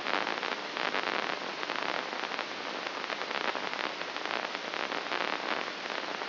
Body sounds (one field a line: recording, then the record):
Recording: brain microelectrode recording played as sound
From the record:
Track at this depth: outside the subthalamic nucleus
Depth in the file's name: 6.429 mm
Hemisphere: left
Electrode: 2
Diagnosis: Parkinson's disease